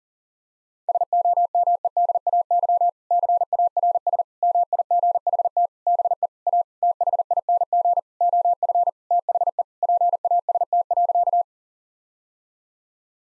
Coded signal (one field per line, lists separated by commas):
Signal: Morse code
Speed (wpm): 40 wpm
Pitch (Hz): 700 Hz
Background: none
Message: SOMEDAY CARS MIGHT BE A THING OF THE PAST.